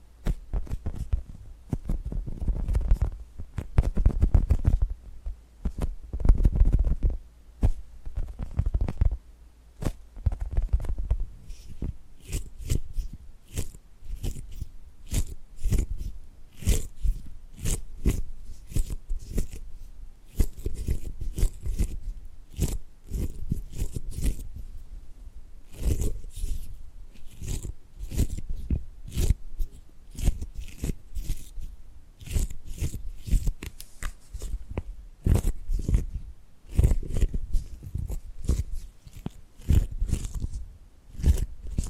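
Tapping and gripping sounds come in dense, irregular bursts of sharp clicks and crunchy rustles, with fuller low thumps in the first ten seconds. After that the taps turn lighter and more scattered but keep a quick, uneven pace to the end.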